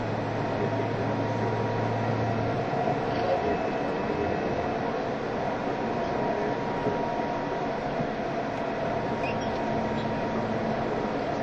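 A train runs with a steady, dense rumble and rattle, a low hum fading after three seconds, and faint whining tones throughout.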